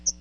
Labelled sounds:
Hooded Warbler (Setophaga citrina) flight call

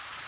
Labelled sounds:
Bay-breasted Warbler (Setophaga castanea) flight call

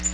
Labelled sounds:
Black-throated Green Warbler (Setophaga virens) flight call

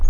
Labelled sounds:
Black-throated Gray Warbler (Setophaga nigrescens) flight call

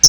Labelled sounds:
Hooded Warbler (Setophaga citrina) flight call

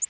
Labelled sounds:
Orange-crowned Warbler (Leiothlypis celata) flight call

